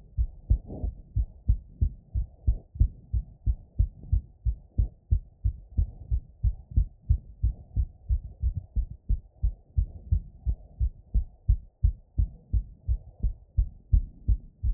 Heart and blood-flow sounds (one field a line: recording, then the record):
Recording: heart sounds by stethoscope after running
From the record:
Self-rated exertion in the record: moderate exertion (3 of 6)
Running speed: 8 mph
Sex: male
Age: 18 years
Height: 179 cm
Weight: 72 kg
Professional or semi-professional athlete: no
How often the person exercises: 3 to 5 times a week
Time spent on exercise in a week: 3 to 4 hours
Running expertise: yes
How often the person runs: under once a week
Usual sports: weight training, basketball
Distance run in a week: 1 km